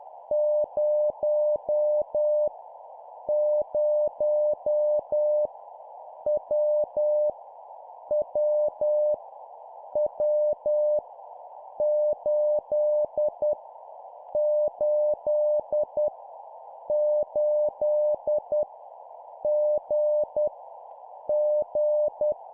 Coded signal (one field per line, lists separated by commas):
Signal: Morse code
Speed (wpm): 10 wpm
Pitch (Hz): 600 Hz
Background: none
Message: 0 0 W W W 8 8 8 G G